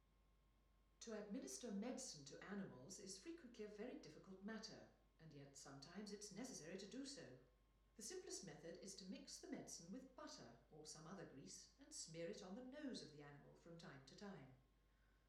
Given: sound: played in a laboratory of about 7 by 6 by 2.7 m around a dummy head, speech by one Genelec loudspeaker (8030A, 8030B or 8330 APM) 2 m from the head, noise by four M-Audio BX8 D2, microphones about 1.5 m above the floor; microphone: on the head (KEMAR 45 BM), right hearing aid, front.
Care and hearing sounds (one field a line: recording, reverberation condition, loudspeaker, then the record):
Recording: female speech in English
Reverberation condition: medium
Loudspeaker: in front (0 degrees)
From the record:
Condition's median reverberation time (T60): about 510 ms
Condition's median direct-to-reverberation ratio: about -0.5 dB